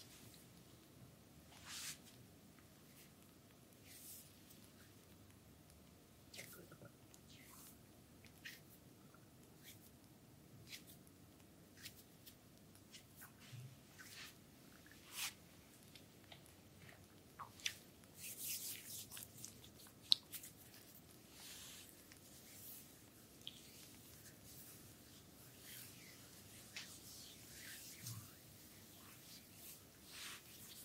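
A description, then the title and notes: A full body massage with bamboo: quiet, soft rubbing and squishing sounds over a low, steady murmur. Brief taps and clicks come every second or two, with a denser patch of brushing around 18 to 21 seconds and a sharp click near 20 seconds. ASMR Full body massage with bamboo.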